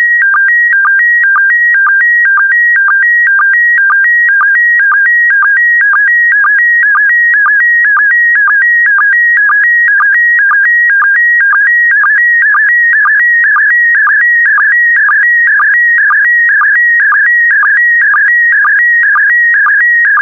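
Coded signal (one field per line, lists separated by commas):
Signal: SSTV (slow-scan television)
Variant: PD120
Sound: warbling electronic tone shifting between pitches, with a short low chirp about twice a second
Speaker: Five, four, three, two, one. Thank you. Transmission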